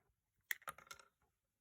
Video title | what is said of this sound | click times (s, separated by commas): Scalextric Austin Mini Cooper C76 | and that clicks basically straight over | 0.5 s